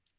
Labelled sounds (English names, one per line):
Magnolia Warbler flight call